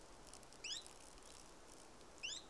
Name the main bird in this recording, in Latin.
Phylloscopus collybita